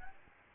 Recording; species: mosquito wingbeat signal from an infrared sensor; Aedes albopictus